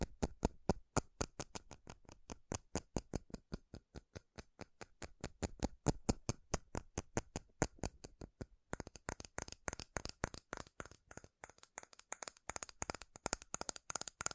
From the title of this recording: FAST & FURIOUS TAPPING Metal Sounds